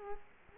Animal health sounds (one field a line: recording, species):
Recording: mosquito wingbeat signal from an infrared sensor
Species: Culex quinquefasciatus